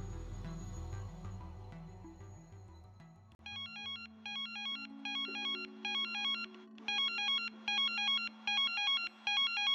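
A telephone's bright electronic ringtone repeats in short, evenly spaced bursts of high chirping tones, coming in after a few seconds of low music and growing steadily louder.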